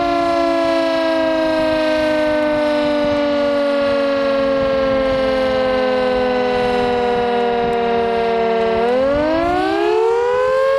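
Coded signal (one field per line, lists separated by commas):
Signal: siren signal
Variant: Carter 1H siren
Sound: loud steady rich siren wail slowly dropping in pitch, then winding back up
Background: outdoor wind noise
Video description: Signal: Continuous tone, interrupted four times Duration: 210 sec. Meaning: Danger of flooding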